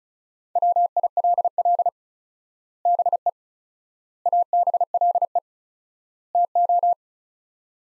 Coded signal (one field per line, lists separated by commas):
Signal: Morse code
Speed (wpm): 34 wpm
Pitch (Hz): 700 Hz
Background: none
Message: WILL BE ABLE TO